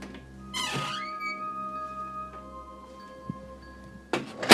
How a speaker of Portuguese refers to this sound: Um barulho de dobradiça em trabalho que despertou a curiosidade da mocinha que mal conseguia abrir os olhos de tão sonolenta. O barulho vinha da porta dos fundos, a porta da cozinha